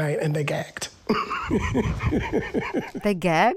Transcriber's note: laughter